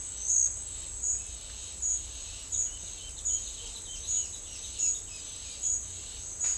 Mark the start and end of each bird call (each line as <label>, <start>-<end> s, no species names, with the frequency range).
bird call (2.4-5.1 kHz), 2.87-5.66 s